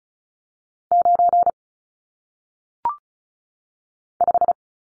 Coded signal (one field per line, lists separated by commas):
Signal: Morse code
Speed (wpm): 36 wpm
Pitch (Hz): 700 Hz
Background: none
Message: 9 5